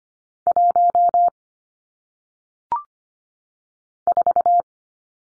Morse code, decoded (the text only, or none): 1 4